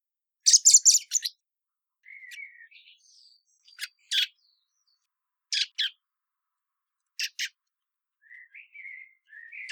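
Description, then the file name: Common blackbird uttering loud, rapid clicking chatter, then scattered sharp double notes at intervals, with soft thin squeaks before and after them. "Turdus merula"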